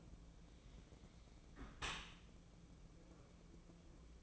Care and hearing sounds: daily activity, microphone in the room; close dishwasher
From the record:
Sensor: 1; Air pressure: 1012.4 hPa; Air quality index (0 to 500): 172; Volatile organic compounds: 3 ppm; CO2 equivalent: 1405 ppm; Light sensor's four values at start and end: 355/793/357/390 and 353/789/355/388

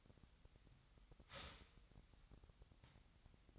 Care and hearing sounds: daily activity, microphone in the room; start toaster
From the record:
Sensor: 3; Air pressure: 1001.9 hPa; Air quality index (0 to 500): 245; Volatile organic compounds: 49 ppm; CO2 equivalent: 3280 ppm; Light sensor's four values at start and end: 14/41/17/15 and 14/41/17/15

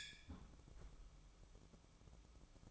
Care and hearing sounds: daily activity, microphone in the room; close fridge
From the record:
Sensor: 1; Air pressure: 1007.9 hPa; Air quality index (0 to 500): 93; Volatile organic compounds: 1 ppm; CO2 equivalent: 794 ppm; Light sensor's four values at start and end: 14/35/14/16 and 14/35/14/16

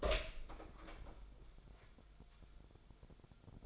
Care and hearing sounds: daily activity, microphone in the room; open door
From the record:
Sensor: 5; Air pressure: 1007.3 hPa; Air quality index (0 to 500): 166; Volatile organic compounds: 4 ppm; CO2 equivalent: 1589 ppm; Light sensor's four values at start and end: 56/157/61/61 and 57/160/62/62

